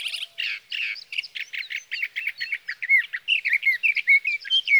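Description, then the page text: Sage thrasher song, a hurried sequence of chattering and warbled notes, delivered almost without a break. Song of a male, recorded through three nights from June 12 evening to June 15 morning, 2018, near his night roost in Sierra Valley, California, with a Swift recorder; night songs. "61. Sage thrasher songs, through the night."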